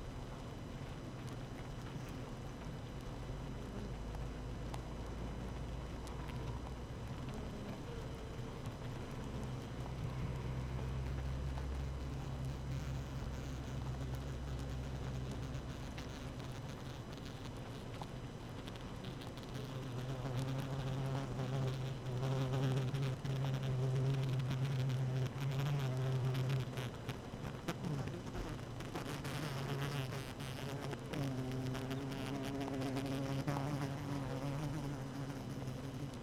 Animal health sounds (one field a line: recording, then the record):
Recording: honeybee colony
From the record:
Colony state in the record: active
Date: 12 June 2018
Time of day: 7:09